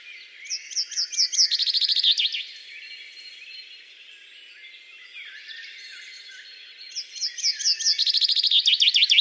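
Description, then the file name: Common chaffinch delivering two songs about six and a half seconds apart, each a fast descending series of chipping notes; the second is cut off, with soft background birdsong between. "Fringilla coelebs"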